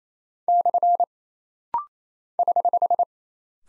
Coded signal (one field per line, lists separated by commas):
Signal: Morse code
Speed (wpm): 27 wpm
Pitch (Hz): 700 Hz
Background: none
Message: / <HH>